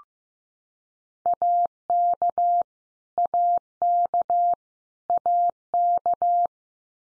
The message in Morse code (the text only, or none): AK AK AK